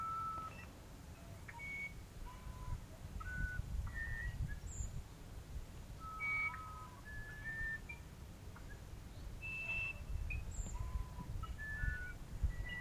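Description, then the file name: Musician wren giving a long series of short, clear whistled notes at varied pitches, unevenly spaced, over a persistent low hum. "uirapuru"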